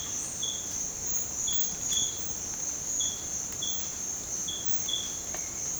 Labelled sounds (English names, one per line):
none